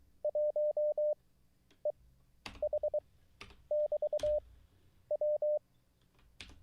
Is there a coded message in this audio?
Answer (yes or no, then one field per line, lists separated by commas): yes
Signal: Morse code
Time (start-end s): 0.2-5.6 s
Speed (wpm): 23 wpm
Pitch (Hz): 600 Hz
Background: none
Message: 1EH<BT>W